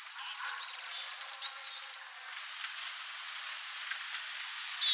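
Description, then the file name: Varied tit calls: a chain of short, high notes for about two seconds, then quiet hiss before a final brief burst of sharp notes. "Parus varius"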